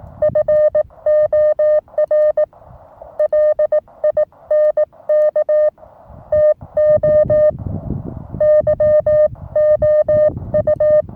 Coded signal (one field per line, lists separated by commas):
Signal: Morse code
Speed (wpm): 20 wpm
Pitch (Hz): 610 Hz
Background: none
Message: FOR LINK TO YOU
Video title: Morse Code en Provence.